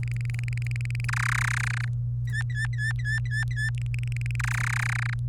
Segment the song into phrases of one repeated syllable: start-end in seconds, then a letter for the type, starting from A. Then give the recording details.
0.03-1.05 A, 1.08-1.85 B, 2.27-3.69 C, 3.77-4.36 A, 4.39-5.14 B. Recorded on 24 April 2018 at 12:14. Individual llb3